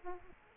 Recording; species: mosquito wingbeat signal from an infrared sensor; Aedes aegypti